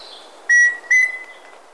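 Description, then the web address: Rufous-breasted antthrush giving two level whistled notes of even pitch, the second held slightly longer and trailing off, over a soft background hiss. Recorded in Ecuador. "Birds of Ecuador. Rufous-breasted Antthrush"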